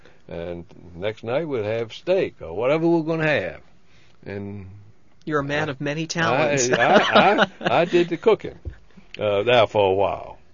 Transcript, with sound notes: And the next night we'll have steak, or whatever we're going to have. And...
You're a man of many talents. (he laughs)
I, I did the cooking there for a while.